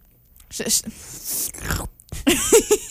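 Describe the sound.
Loud, crisp crunching as someone bites and chews crunchy fruit, a run of rough bursts over about a second and a half, followed by a voice starting to speak.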